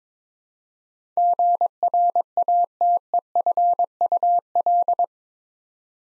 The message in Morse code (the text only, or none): GRATEFUL